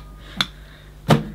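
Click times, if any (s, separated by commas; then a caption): 0.4 s. The plastic locking lever on a Hoover Discovery bagless vacuum cleaner is pressed down, giving a sharp click at 0.4 s that locks the dust box into the cleaner. A second, duller and heavier knock follows at 1.1 s.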